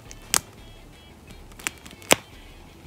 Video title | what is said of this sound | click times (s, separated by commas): HEAD SWAP: SH Figuarts Dr Strange Battle on Titan Edition from Avengers Infinity War | yep it's a clicking sound so it fits perfectly so now you have | 2.1 s